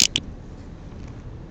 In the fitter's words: in and then just lock it down